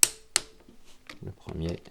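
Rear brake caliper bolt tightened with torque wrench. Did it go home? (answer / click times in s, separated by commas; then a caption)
yes / 0.0 s, 0.4 s. A torque wrench set to 26 Nm tightens the first rear brake caliper bolt on an FJR 1300 motorcycle during a rear brake pad replacement. Sharp clicks are heard at 0.0 s and 0.4 s as the wrench reaches its setting, and then someone talks. The torque is confirmed, and the first bolt is done.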